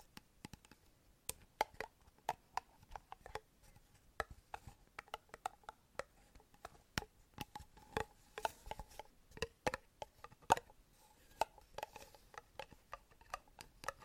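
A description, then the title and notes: Quick, sharp tapping sounds on a hard surface, coming in irregular bursts throughout with only brief gaps. The taps are crisp and bright with a faint ringing tone beneath them, and some stretches around the middle grow denser and slightly louder. ASMR INTENSE TAPPING.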